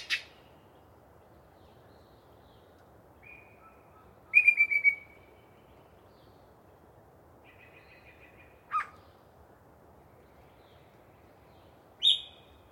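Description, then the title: Yellow-breasted chat song: a sharp clucking note, a soft note, a loud burst of rapid notes, a trill, then single harsh notes. One particularly chatty bird giving a long pre-dawn song session in deciduous cover. "A Very Chatty Yellow-breasted Chat"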